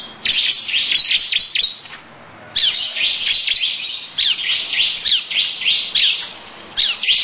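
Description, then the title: Lovebird chattering: quick sequences of sharp, squeaky notes, a brief silence near two seconds, then renewed rapid chirping. Long "ngekek" song; title also mentions ciblek. "Audio Lovebird Ngekek Panjang Ciblek"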